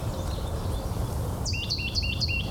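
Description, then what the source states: Plain titmouse song: four quick, evenly spaced phrases of sharp, hooked whistled notes in the second half, over steady low rumble. Male singing from a live oak along a trail at the top of a ridge.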